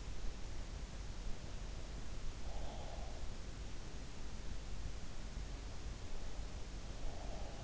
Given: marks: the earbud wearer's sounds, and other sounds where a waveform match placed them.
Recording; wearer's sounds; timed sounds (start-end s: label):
sounds in sleep by an in-ear microphone; breath
2.53-3.26 s: breath
7.08-7.64 s: breath